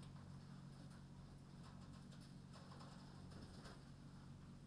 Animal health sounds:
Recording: poultry house recording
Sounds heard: no chicken sound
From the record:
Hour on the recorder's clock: 0

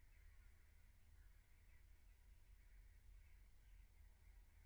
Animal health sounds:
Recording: poultry house recording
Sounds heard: no chicken sound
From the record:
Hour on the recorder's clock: 15

